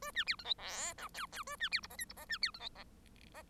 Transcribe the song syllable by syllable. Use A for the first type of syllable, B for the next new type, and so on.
A B C D E F G H H A B C I J K I J B C D E J